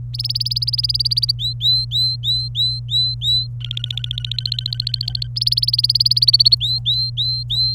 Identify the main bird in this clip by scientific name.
Serinus canaria